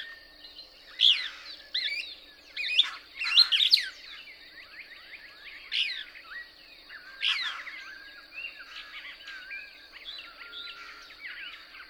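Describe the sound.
Couch's Kingbird song: scattered loud twittering bursts early, then softer chatter and thin sliding whistles, with a continuous high-pitched drone.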